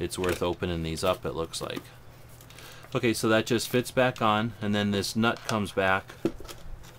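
Someone talks while reassembling an opened metal AK47 drum magazine, refitting the cover and bringing the nut back on, with a few faint handling taps around 2.4 to 2.6 seconds. The small spring-loaded retainer piece has not yet snapped back into place, so nothing has seated or clicked.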